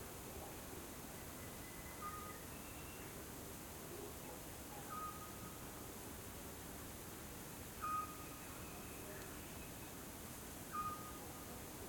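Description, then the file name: Eurasian scops owl giving short, soft whistled single notes, one roughly every three seconds, over a steady background hiss. "Otus scops - Eurasian Scops Owl"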